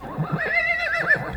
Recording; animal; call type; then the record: contact call of a hoofed animal; Przewalski's horse; whinny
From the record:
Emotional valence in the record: negative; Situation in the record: naturally occurring agonistic interactions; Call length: 1.37 s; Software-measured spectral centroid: 2060 Hz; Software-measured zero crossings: 2740 a second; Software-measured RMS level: -23 dBFS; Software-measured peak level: -8 dBFS